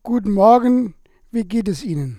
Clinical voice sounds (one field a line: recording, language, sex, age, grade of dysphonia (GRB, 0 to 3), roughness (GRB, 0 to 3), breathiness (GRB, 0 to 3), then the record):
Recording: spoken sentence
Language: German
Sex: male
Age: 50 to 59 years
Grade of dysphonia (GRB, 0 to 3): 0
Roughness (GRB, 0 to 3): 0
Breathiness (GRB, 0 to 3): 0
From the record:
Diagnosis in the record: functional dysphonia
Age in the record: 59 years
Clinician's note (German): Internusschwäche mit psychischer Komponente, auffällige Asymmetrie, re deutlich kürzer li